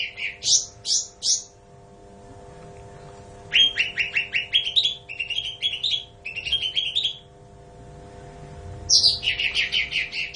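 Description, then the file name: Bulbul singing lively rapid chirping phrases in three bursts separated by short pauses, notes climbing and falling between mid and high pitch, with a low electrical hum throughout. "suara cucak ranti"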